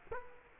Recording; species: mosquito wingbeat signal from an infrared sensor; Culex quinquefasciatus